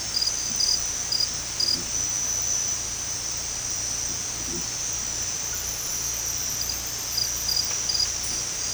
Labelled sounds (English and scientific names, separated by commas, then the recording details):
none
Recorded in dense forest near Puerto Asís, Putumayo, Colombia, on 18 December 2024 at 22:30
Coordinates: 0.481, -76.323
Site G100